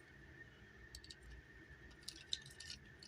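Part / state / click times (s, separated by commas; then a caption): plastic peg on a transforming robot toy part going into a hole on the body / not seated / none. A plastic section of a Transformers Robots in Disguise 2015 Warrior Class Soundwave figure is pushed up so its peg will go into a hole on the body. Several small, sharp plastic clicks and rattles are heard, the loudest at about 2.3 s, over a faint steady hum. The peg has not snapped into place yet.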